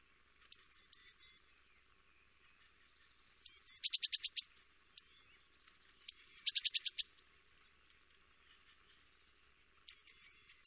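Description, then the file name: Eurasian blue tit calling: bouts of sharp, high, thin notes, two of them followed by harsh pulsed churrs, with silences between bouts. "Cyanistes caeruleus"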